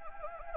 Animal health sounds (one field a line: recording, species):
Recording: mosquito wingbeat signal from an infrared sensor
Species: Anopheles gambiae